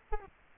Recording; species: mosquito wingbeat signal from an infrared sensor; Culex quinquefasciatus